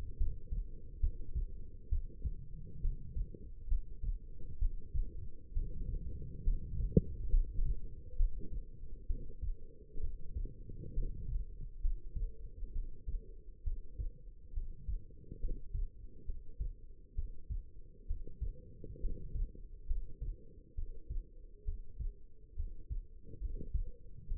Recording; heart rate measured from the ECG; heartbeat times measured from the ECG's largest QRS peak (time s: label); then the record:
heart sounds by stethoscope; 67 bpm
0.17 s: heartbeat
1.00 s: heartbeat
1.89 s: heartbeat
2.81 s: heartbeat
3.68 s: heartbeat
4.58 s: heartbeat
5.53 s: heartbeat
6.43 s: heartbeat
7.30 s: heartbeat
8.16 s: heartbeat
9.07 s: heartbeat
10.00 s: heartbeat
10.93 s: heartbeat
11.81 s: heartbeat
12.72 s: heartbeat
13.63 s: heartbeat
14.53 s: heartbeat
15.39 s: heartbeat
16.25 s: heartbeat
17.14 s: heartbeat
18.06 s: heartbeat
19.00 s: heartbeat
19.86 s: heartbeat
20.74 s: heartbeat
21.64 s: heartbeat
22.55 s: heartbeat
23.40 s: heartbeat
24.27 s: heartbeat
From the record:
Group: healthy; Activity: rest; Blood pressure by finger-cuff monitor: 111/70 mmHg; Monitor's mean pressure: 81 mmHg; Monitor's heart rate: 68 bpm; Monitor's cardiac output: 5.4 L/min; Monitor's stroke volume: 80 mL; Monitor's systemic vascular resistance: 1090 dyn s/cm5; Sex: female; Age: 22 years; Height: 171 cm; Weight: 65.6 kg